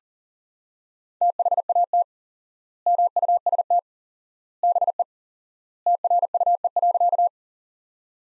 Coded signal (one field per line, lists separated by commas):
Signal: Morse code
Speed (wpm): 40 wpm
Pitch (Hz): 700 Hz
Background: none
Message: THAT MUST BE TRUE.